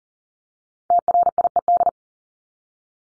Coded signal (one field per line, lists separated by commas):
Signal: Morse code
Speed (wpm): 40 wpm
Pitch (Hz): 700 Hz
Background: none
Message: TRIED